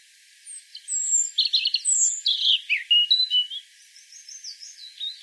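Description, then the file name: European robin song: thin, high, varied warbling phrases with sweeping whistles and quick twittery notes, fading to softer scratchy twitters toward the end. "Erithacus rubecula"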